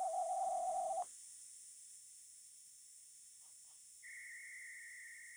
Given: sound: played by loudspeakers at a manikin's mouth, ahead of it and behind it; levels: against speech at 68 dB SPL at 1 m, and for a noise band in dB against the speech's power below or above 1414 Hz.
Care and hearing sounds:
test signals for a remote microphone
0.00-1.02 s: noise band at 707 Hz, -13 dB
4.02-5.37 s: noise band at 2000 Hz, -13 dB
From the record:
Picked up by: remote microphone B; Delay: 24 ms

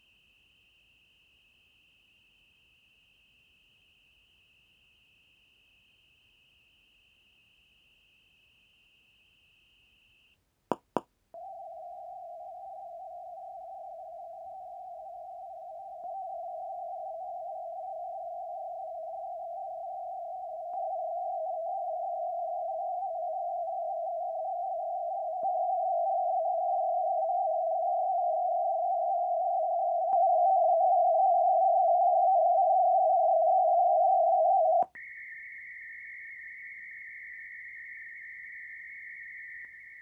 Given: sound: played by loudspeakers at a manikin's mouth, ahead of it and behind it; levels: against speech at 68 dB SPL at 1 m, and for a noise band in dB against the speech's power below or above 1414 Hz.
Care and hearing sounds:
test signals for a remote microphone
0.00-10.34 s: noise band at 2828 Hz, as loud as that band is in speech
10.72 s: click
10.97 s: click
11.34-16.04 s: noise band at 707 Hz, -10 dB
16.04-20.74 s: noise band at 707 Hz, -5 dB
20.74-25.43 s: noise band at 707 Hz, 0 dB
25.43-30.13 s: noise band at 707 Hz, +5 dB
30.13-34.83 s: noise band at 707 Hz, +10 dB
34.95-39.65 s: noise band at 2000 Hz, +10 dB
39.65-40.02 s: noise band at 2000 Hz, +5 dB
From the record:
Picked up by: measurement microphone

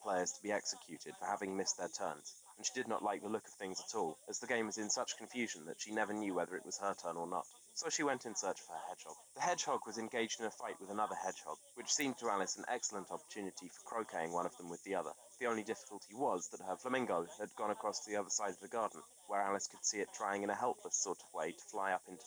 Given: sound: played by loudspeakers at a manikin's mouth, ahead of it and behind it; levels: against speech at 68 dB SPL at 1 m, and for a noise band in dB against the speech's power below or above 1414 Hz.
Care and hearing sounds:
test signals for a remote microphone
0.00-22.27 s: man speaking, babble ahead at +6 dB SNR for speech at 1 m
From the record:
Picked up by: remote microphone D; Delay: 24 ms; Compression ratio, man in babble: 1.14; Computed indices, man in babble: HASPI 0.996, HASQI 0.277 (non-linear 0.318, linear 0.872), ESTOI 0.748

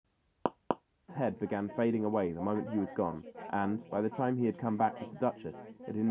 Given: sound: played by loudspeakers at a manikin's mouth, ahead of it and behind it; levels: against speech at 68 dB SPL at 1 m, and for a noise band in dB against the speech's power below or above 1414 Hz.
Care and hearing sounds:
test signals for a remote microphone
0.46 s: click
0.71 s: click
1.08-6.11 s: man speaking, babble ahead at +6 dB SNR for speech at 1 m
From the record:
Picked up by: measurement microphone

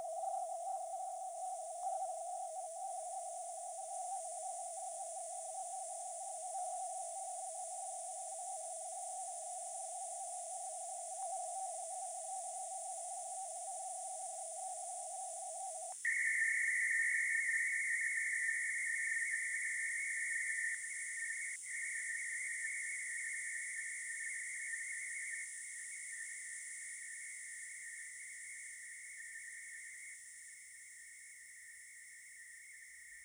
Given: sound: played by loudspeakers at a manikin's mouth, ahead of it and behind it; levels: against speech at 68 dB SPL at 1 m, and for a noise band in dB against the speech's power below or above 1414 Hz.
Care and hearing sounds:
test signals for a remote microphone
0.00-1.83 s: noise band at 707 Hz, -5 dB
1.83-6.53 s: noise band at 707 Hz, 0 dB
6.53-11.22 s: noise band at 707 Hz, +5 dB
11.22-15.92 s: noise band at 707 Hz, +10 dB
16.05-20.74 s: noise band at 2000 Hz, +10 dB
20.74-25.44 s: noise band at 2000 Hz, +5 dB
25.44-30.14 s: noise band at 2000 Hz, 0 dB
30.14-33.25 s: noise band at 2000 Hz, -5 dB
From the record:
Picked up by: remote microphone B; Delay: 24 ms

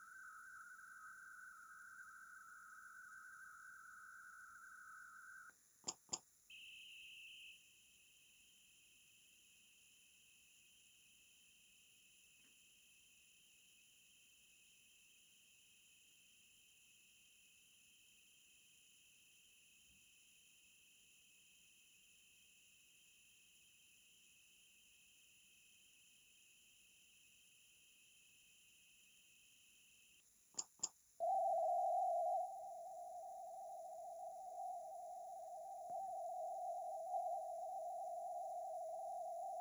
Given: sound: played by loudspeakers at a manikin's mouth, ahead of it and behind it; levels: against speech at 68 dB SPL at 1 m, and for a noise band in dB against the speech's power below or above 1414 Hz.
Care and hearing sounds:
test signals for a remote microphone
0.00-5.49 s: noise band at 1414 Hz, as loud as that band is in speech
5.87 s: click
6.12 s: click
6.49-30.20 s: noise band at 2828 Hz, as loud as that band is in speech
30.57 s: click
30.82 s: click
31.20-35.90 s: noise band at 707 Hz, -10 dB
35.90-39.61 s: noise band at 707 Hz, -5 dB
From the record:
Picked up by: remote microphone A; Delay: 47 ms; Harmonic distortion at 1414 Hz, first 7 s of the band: under -37 dB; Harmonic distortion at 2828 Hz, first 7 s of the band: under -16 dB (system noise only)

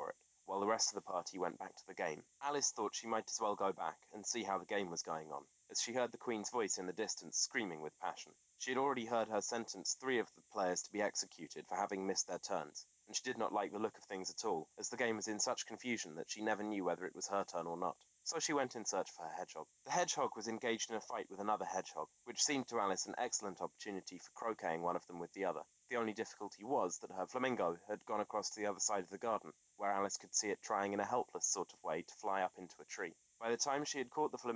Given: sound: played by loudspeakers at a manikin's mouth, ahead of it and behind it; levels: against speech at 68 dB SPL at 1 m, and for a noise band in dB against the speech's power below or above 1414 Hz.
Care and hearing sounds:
test signals for a remote microphone
0.00-34.56 s: man speaking
From the record:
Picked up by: remote microphone D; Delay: 24 ms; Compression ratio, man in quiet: 1.31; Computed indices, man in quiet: SII 0.994, HASPI 0.998, HASQI 0.363 (non-linear 0.417, linear 0.872), ESTOI 0.824

